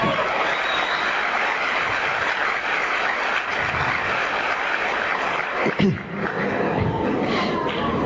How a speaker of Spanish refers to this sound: Oye, aplauden ahora, denle pausa.